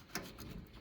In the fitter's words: So, I heard a click. I don't know if you got that in the video or not, but it shouldn't come off.